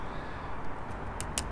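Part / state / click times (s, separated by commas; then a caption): driver bit into cordless drill bit holder / not seated / none. A driver bit is pushed into a cordless drill's bit holder but fails to lock in, so nothing has seated or clicked. Over steady low background noise, two short sharp hits are heard at about 1.2 and 1.4 seconds during the attempt.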